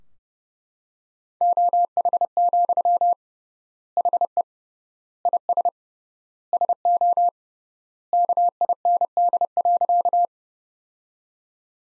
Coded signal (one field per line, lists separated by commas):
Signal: Morse code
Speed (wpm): 31 wpm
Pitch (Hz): 700 Hz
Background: none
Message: OH, HE IS SO KIND.